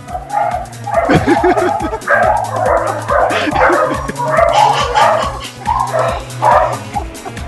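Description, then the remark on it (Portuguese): Several dogs at a single house bark and yip at once in a loud, overlapping chorus, with rapid bursts running continuously and a few higher whiny yelps mixed in. “Caraca, deu uma louca nos cachorros. Não, pior que é uma casa só, mas tem vários cachorros.”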